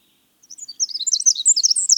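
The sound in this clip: Winter wren song: after a brief quiet start, a burst of very high, rapid twittering notes and trills.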